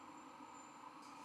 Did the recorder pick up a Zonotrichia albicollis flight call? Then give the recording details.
no. No flight call is heard. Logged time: 22:05 on 11 November 2014